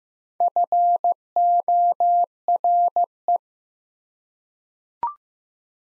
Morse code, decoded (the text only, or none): FORE